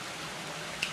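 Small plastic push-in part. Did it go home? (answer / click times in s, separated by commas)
released / 0.8 s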